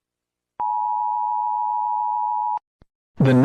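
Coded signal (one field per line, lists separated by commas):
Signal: Emergency Alert System (SAME) tones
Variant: 853 and 960 Hz attention tone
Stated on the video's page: Fan-made fake Tornado Warning EAS alert.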